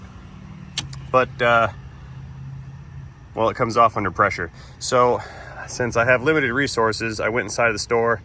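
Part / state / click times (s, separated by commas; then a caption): heater hose quick connector onto heater core pipe / seated / 0.8 s. A plastic quick connector on a heater hose is pushed onto the heater core fitting deep behind the dash in low light, and it clicks on at 0.8 s with some positive engagement, though it comes off under pressure. A second faint tick follows at 0.9 s, and then someone talks over a low steady hum.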